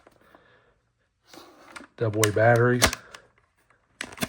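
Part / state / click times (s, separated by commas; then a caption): battery tray into trail camera body / seated / 4.0 s. Someone talks while the AA battery tray, which holds eight AA batteries, is pushed back into the body of a Wosports H-47 AI trail camera. A single sharp click sounds at 4.0 s as the tray seats in place.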